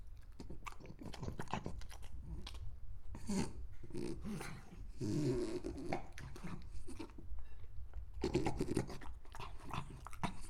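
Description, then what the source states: French Bulldog eating, with chewing and low grunting snuffles in uneven bursts throughout. Recorded while eating.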